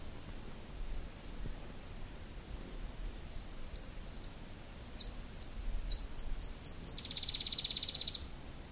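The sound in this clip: Moustached brush finch song: a few high thin notes, then quicker sharp downslurred notes, ending in a fast dry high trill; faint background hiss.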